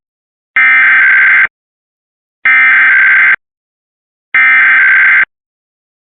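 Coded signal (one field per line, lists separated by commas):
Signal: Emergency Alert System (SAME) tones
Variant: header bursts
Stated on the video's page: Monthly tests captured from several US states.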